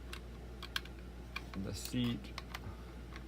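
The plastic seat piece of a Hasbro Force Link 2.0 Imperial AT-DT Walker toy vehicle is handled as it is put back into the walker body during reassembly, producing sharp light plastic clicks and taps while someone briefly talks. Nothing has seated or clicked into place yet.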